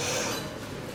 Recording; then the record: coughing mixed with background sound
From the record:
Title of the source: Cough Around the Clock!